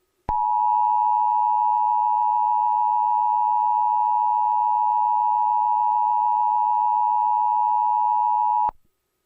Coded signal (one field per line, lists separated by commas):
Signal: Emergency Alert System (SAME) tones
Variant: 853 and 960 Hz attention tone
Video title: Blue Orchid EAS Wendigo Message (2013)